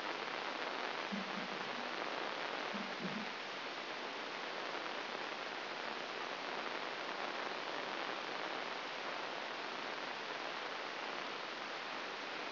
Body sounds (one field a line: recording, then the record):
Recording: brain microelectrode recording played as sound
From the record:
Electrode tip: inside the subthalamic nucleus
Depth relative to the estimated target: 1 mm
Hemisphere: right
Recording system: AlphaMap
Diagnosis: Parkinson's disease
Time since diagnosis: 11 years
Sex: female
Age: 60 years